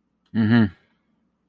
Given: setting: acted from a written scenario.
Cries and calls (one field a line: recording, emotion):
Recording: vocal sound without words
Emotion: interest